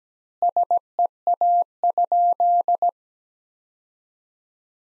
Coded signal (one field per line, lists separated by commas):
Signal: Morse code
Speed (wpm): 17 wpm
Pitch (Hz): 700 Hz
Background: none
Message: SEA?